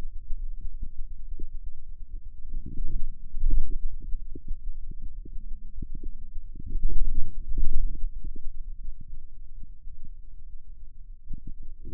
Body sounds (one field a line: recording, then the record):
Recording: forearm muscle sounds (acoustic myography)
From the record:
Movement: radial deviation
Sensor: system 2, bracelet of six BSWA MPA416 microphones around the upper forearm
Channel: 5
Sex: male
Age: 22 years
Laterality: right